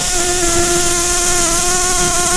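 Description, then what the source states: Red-tailed bumblebee buzz: a steady low droning hum with evenly stacked overtones, unbroken throughout, over a broad hiss of background noise. Queens.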